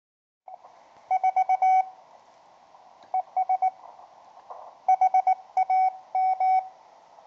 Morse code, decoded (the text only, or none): 4 ES HAM